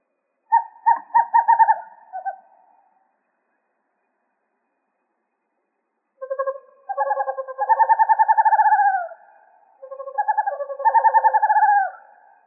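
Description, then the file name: Western screech owl repeating rapid rhythmic hoot trills, the later series longer and ending with a slight downward slur, separated by quiet pauses. Recorded in Arizona on January 7, 2006. "WESO 3 D deviche"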